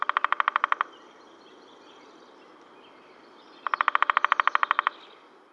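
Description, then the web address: Woodpecker chirping in two quick runs of short, sharp, evenly spaced notes, the second burst longer, separated by a few seconds of quiet hiss. "bird woodpecker chirps"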